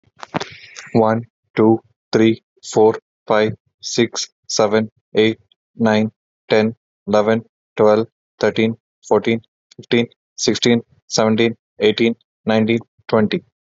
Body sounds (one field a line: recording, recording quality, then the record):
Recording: counting at a normal pace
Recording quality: excellent, no background noise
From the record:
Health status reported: respiratory illness, not identified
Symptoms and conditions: asthma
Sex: male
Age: 30 years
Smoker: yes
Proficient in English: yes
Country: India